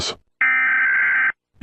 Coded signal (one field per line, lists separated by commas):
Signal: Emergency Alert System (SAME) tones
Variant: header bursts